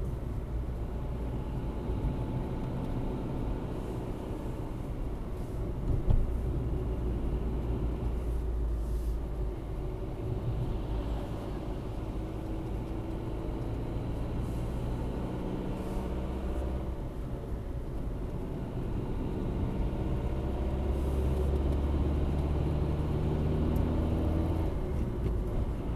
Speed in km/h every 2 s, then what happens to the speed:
42, 43, 42, 43, 40, 38, 44, 46, 46, 45, 46, 54, 56.
0-10 steady at about 42. 10-14 speeds up to 46. 14-21 steady at about 46. 21-26 speeds up to 56.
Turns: none.